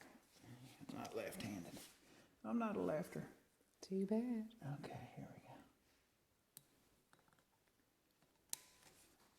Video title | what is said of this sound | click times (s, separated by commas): Honda Monkey 2019 Z125 13.2:1 DHM piston, NK killer cam, install | Okay, did you hear it snap? | 8.5 s